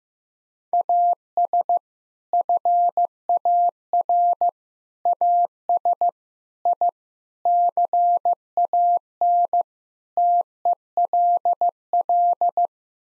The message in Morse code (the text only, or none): AS FAR AS I CAN TELL